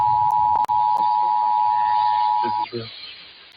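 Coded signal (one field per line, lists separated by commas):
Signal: Emergency Alert System (SAME) tones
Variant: 853 and 960 Hz attention tone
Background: speech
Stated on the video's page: Captured over KNX 1070 AM broadcast; severe thunderstorm warning from the Los Angeles weather office.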